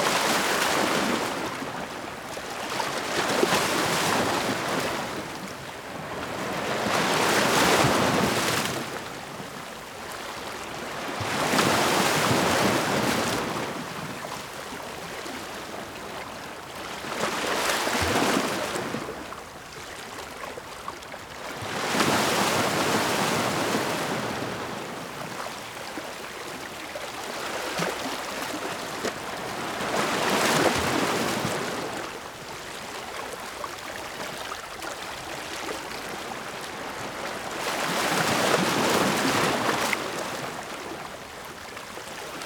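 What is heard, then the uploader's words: Gentle waves roll in and wash out in a slow, regular rhythm, each swell rising into a soft hiss and fading over a few seconds, about every four to six seconds. Between surges a low, steady wash of water remains, with no other sounds. Gentle Waves.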